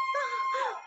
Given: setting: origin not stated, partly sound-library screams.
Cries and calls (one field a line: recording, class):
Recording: one-second piece from a danger detection set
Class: woman in danger